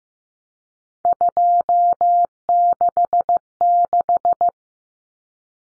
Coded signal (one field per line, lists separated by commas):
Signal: Morse code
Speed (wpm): 15 wpm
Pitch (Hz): 700 Hz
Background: none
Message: 266